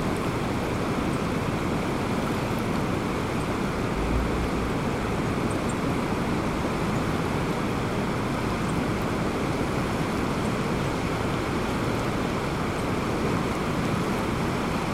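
A creek runs steadily along its bank, a dense, unbroken rush of water that holds the same level from start to finish. The sound is full, weighted toward a low roar with a fainter hiss above, and no separate events stand out.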